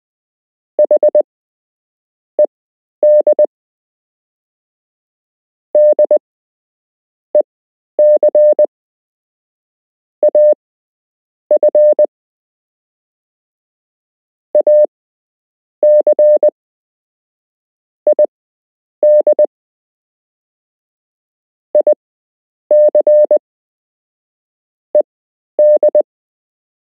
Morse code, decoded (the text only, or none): H ED D EC AF AC ID IC ED